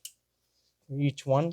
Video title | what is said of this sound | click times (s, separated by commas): 2010 Toyota Corolla 1.8 - Spark Plugs Replacement | reconnect the connectors you should be able to hear the auto the audible click | 0.0 s